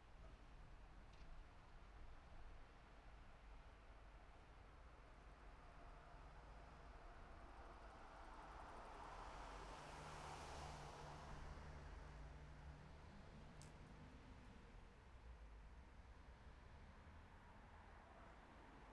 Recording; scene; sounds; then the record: everyday scene through a hearing-aid microphone; in traffic; traffic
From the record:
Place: city secondary road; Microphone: behind the ear, left, rear